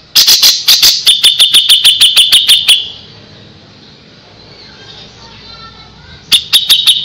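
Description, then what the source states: Grey-cheeked bulbul song: a fast series of loud, harsh, clipped notes, then a quiet pause before another rapid harsh burst. Song used to train caged birds (masteran); Indonesian local name cucak jenggot.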